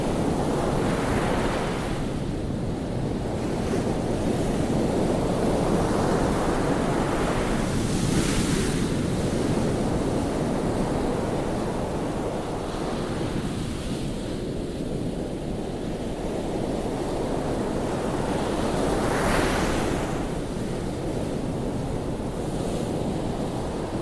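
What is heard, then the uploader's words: Ocean waves roll in a continuous, dense wash with a heavy low rumble underneath. Brighter hissing surges rise and fall every few seconds, peaking around 8 and 19 seconds as waves break. Some wind buffeting adds to the steady roar throughout. White Noise Ocean Waves Sounds For Sleeping.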